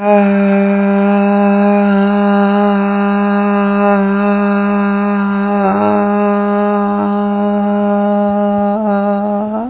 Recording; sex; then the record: sustained vowel /a/; female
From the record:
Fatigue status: no fatigue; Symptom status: symptomatic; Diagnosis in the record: COVID-19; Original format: 3gp